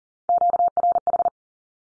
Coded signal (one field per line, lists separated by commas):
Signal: Morse code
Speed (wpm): 40 wpm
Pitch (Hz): 700 Hz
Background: none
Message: QRH